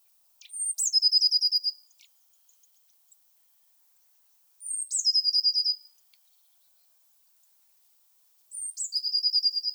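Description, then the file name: Eurasian blue tit song, three high whistled notes each falling into a fast trill, repeated roughly every four seconds over quiet background. "Cyanistes caeruleus"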